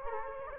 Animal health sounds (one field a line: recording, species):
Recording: mosquito wingbeat signal from an infrared sensor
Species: Culex quinquefasciatus